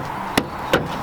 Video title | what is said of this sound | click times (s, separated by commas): MK3 VW CADDY2K- MK4 VW CADDY TAIL LIGHT CONVERSION WITH PROGRAMMING FOR (2004-2010 AND 2010-2015) | A bit of persuasion and the light should hopefully just click into place. | 0.4 s